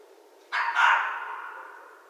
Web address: Red Fox 2012 01 11 Red Fox